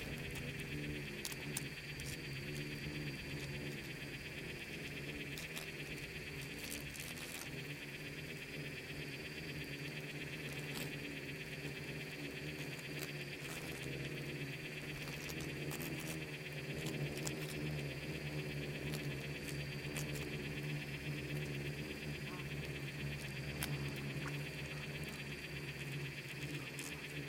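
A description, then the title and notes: Insects swarm in a steady, dense drone, with a low hum and a bright, thin whine running unbroken through the whole recording. Brief crackling ticks and buzzing passes flick in every few seconds, especially early on and near the end, over an even level. Insects swarming in the Namib desert. Bugs and beetles swarming.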